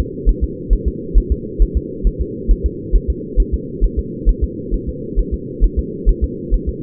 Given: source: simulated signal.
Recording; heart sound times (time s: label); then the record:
fetal heart sounds
0.00 s: S2
0.29 s: S1
0.44 s: S2
0.73 s: S1
0.88 s: S2
1.18 s: S1
1.32 s: S2
1.62 s: S1
1.77 s: S2
2.07 s: S1
2.21 s: S2
2.51 s: S1
2.66 s: S2
2.96 s: S1
3.10 s: S2
3.40 s: S1
3.54 s: S2
3.84 s: S1
3.99 s: S2
4.29 s: S1
4.44 s: S2
4.74 s: S1
4.89 s: S2
5.19 s: S1
5.34 s: S2
5.64 s: S1
5.79 s: S2
6.09 s: S1
6.24 s: S2
6.54 s: S1
6.69 s: S2
From the record:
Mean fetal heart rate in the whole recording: 135 bpm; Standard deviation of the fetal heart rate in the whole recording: 3 bpm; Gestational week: 36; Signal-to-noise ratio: -4.1 dB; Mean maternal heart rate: no maternal heart sound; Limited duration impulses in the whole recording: absent